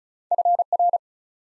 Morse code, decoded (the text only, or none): FR